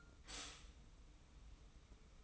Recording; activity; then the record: daily activity, microphone in the room; stop toaster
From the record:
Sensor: 1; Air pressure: 990.7 hPa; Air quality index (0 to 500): 144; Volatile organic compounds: 869 ppm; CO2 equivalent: 5185 ppm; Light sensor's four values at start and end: 27/64/27/29 and 27/64/27/29